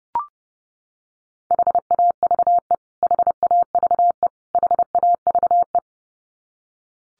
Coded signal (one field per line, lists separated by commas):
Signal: Morse code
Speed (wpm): 30 wpm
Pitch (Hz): 700 Hz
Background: none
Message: HAVE HAVE HAVE